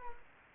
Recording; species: mosquito wingbeat signal from an infrared sensor; Anopheles gambiae